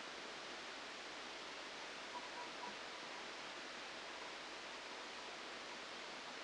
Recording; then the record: brain microelectrode recording played as sound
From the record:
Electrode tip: outside the subthalamic nucleus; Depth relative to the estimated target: -2 mm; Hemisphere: left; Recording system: NeuroSet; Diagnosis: Parkinson's disease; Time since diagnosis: 8 years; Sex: male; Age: 37 years